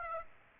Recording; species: mosquito wingbeat signal from an infrared sensor; Aedes aegypti